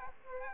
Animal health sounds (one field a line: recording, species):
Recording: mosquito wingbeat signal from an infrared sensor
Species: Aedes aegypti